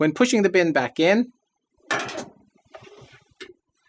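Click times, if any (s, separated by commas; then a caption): 3.4 s. Someone talks, then the top-row ticket bin of an MSLC Game Touch 28 game terminal is pushed back into its rail with a short scraping slide. A faint tap comes at 2.8 s, and a sharp snap at 3.4 s marks the bin seating into the terminal's bin row as the latch fully retracts.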